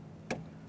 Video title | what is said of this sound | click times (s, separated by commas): How to Replace Rear Interior Door Handles 2012-2015 Honda Civic 1.8L L4 | We'll pivot the casing along into its mounting point and press it in. Listen for a click from that. | 0.3 s